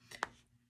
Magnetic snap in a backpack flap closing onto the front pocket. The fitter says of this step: you'll hear it snap with the magnet that is inside the top cover okay